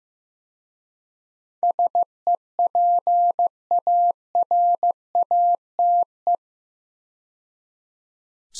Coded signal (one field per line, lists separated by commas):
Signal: Morse code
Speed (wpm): 15 wpm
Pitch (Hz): 700 Hz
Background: none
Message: SEPARATE